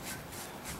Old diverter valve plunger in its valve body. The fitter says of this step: Nothing. It's It's not holding.